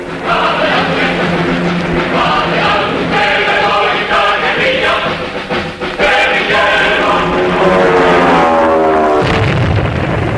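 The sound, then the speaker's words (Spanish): American warplanes roar overhead in a loud, continuous drone, their engine tones sliding in pitch near the end as one passes, with bursts and booms of gunfire mixed into the din as they fire shrapnel on combatants and civilians. “norteamericanos vomitan metralla sobre combatientes y civiles.”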